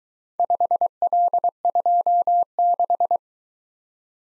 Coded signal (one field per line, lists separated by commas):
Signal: Morse code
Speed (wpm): 22 wpm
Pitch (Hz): 700 Hz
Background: none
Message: 5L26